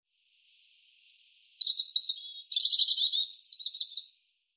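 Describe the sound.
European robin song opening with a long, thin, very high whistle, then wavering warbles and ending in a rapid trill of repeated sharp notes, against silence.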